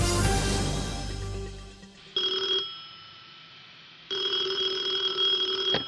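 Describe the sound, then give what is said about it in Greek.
A telephone bell rings twice in a Greek radio advertisement for OTE and Cosmote, a short burst and then a longer trill, with a bright, high, metallic jangle. It follows a fading rush of noise, and nobody speaks. “Εμπρός. Το 1949 μίλησες για πρώτη φορά στο τηλέφωνο, όταν φέραμε τις τηλεπικοινωνίες στην Ελλάδα.”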